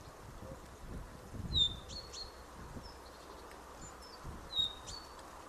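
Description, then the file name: Common chaffinch giving short, high, thin whistled call notes, slurred downward, repeated irregularly with faint ticks, against a constant soft background hiss. "Fringilla coelebs"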